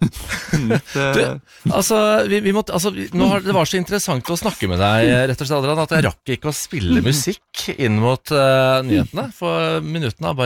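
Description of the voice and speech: Adult male radio host speaking Norwegian with normal, fluent speech.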